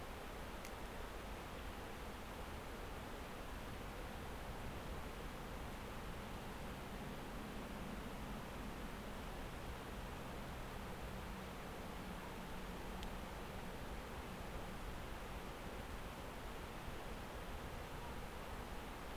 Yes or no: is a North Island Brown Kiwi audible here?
no